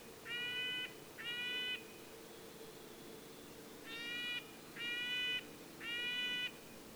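Red-breasted nuthatch giving nasal, tinny yank notes: two, a short pause, then three more, each about half a second long, spaced roughly a second apart.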